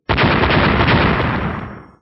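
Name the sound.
loud explosion sound effect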